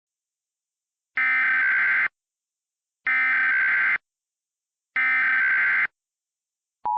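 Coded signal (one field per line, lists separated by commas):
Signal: Emergency Alert System (SAME) tones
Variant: header bursts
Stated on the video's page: Fictional EAS scenario about a reactor error, not a real alert.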